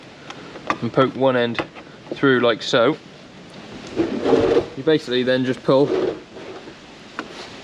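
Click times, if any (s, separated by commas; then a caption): 7.2 s. Someone talks while a new rubber teat is poked through the hole of a calf feeder bucket and pulled through until its notch sits in the groove. A short, sharp click at 7.2 s marks the new teat seating in place.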